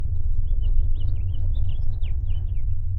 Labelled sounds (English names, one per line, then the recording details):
House Finch song
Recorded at Babylon on Long Island, New York, on 22 May 1975
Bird A